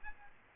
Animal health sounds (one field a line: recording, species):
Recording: mosquito wingbeat signal from an infrared sensor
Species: Aedes aegypti